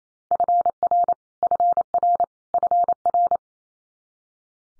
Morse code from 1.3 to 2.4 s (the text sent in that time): FR